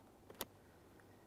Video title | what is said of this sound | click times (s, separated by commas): How to Replace Blower Motor Module 2008-2017 Mitsubishi Lancer | After an audible click, we'll just give it a tug, making sure everything's secured in place. | 0.4 s